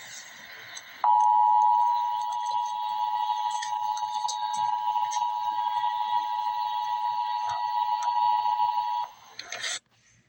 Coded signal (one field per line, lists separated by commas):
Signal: Emergency Alert System (SAME) tones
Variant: 853 and 960 Hz attention tone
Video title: Emergency Alert System - Severe Thunderstorm Warning - Apr 19, 2025 at 7:52 AM EDT